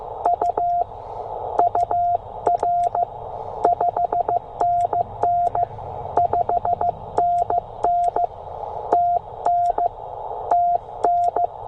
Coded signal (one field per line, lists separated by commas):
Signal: Morse code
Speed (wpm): 15 wpm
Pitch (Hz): 700 Hz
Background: radio noise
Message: U UR 5NN 5NN TN TN